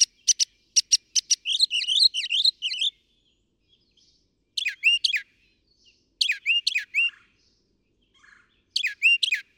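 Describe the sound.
Northern mockingbird singing a varied medley: rapid sharp chips, a tumbling twittery phrase, then repeated high swooping notes in quick sets separated by pauses.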